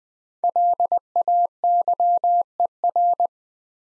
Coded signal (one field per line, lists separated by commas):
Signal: Morse code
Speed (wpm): 20 wpm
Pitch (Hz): 700 Hz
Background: none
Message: LAYER